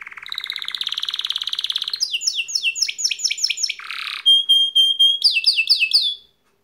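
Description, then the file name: Atlantic canary song: buzzy rattles give way to repeated falling sweeps, a brief harsh burst, a pure steady whistle, then more sweeps before stopping abruptly. "Serinus canaria"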